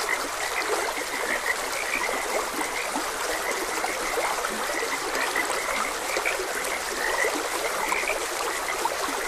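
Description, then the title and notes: Frogs croak in a busy chorus of repeated short notes, some louder calls standing out, over steady trickling water. Frogs croaking beside a gentle stream. "Gentle Stream and Frogs Croaking. Sleep and Relaxation Podcast"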